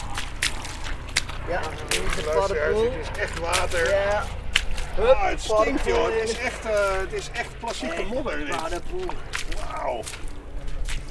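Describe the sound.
Wet, sucking squelches of feet pushing through thick, stinking mud at a toad pond after heavy morning rain, repeating irregularly with sharp slaps and squishes, while people talk and exclaim over the top.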